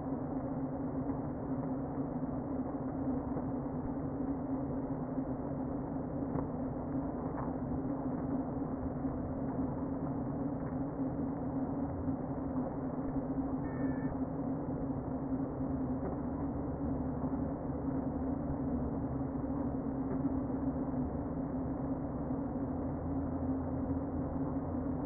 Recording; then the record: honeybee colony, microphone inside the hive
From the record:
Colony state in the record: queen present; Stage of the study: before two queens were removed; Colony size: about 60,000 bees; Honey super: yes